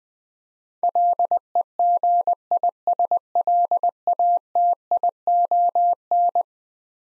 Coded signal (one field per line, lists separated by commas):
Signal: Morse code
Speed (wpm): 20 wpm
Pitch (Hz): 700 Hz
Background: none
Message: LEGISLATION